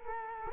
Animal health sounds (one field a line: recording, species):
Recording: mosquito wingbeat signal from an infrared sensor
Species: Culex quinquefasciatus